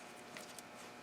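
A wiring connector is handled by hand at the starter motor terminal of a 2007 Hyundai Santa Fe during a starter replacement. Only a steady broadband hiss is heard, with faint soft rustles near 0.4 and 0.6 seconds. The connector has not snapped in yet, and nothing has seated or clicked.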